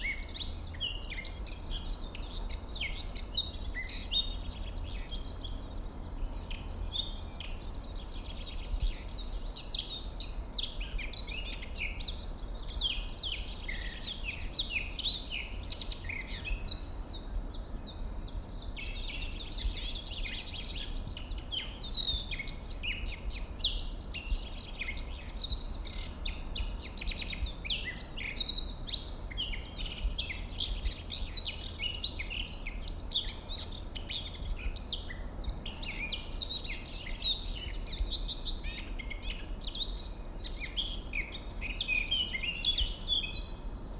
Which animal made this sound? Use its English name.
Eurasian Blackcap